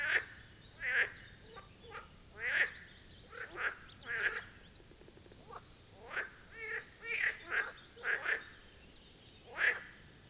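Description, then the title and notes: Marsh frogs calling together, pulsed croaks and chattering rattles overlapping one another, with brief pauses. Chorus at the Birkensee, Schönbuch, Germany, on one of the first proper hot summer days of 2023. "Marsh Frogs of the Birkensee. A chorus of Marsh Frog ( Pelophylax ridibundus ) at the Birkensee, in Schönbuch, DE. Recorded on one of the first proper hot days of this Summer (2023)"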